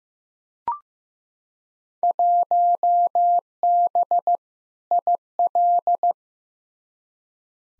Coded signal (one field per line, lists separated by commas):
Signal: Morse code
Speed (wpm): 15 wpm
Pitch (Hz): 700 Hz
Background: none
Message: 1B IL